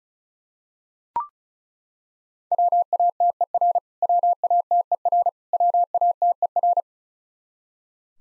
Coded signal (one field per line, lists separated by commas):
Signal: Morse code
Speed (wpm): 36 wpm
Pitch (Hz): 700 Hz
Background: none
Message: WATER WATER WATER